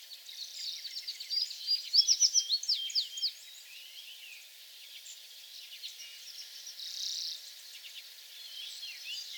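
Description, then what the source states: American tree sparrow song: a fast burst of clear, high notes lasting about two seconds, followed by busy high twittering. Recorded on 28 April 2022; several songs.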